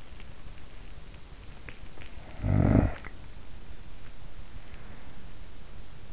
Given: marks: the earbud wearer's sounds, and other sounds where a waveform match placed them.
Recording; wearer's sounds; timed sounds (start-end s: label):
sounds in sleep by an in-ear microphone; snoring breath
2.33-3.53 s: snoring breath